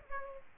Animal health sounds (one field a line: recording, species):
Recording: mosquito wingbeat signal from an infrared sensor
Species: Aedes aegypti